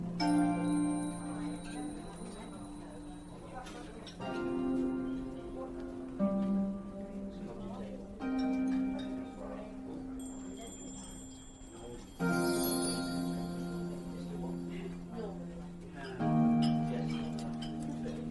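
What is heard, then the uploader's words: Fantasy fairy cafe ambience with sustained bell-like chime tones swelling every few seconds over a soft murmur of voices and bright tinkling. Fantasy fairy cafe asmr ambience.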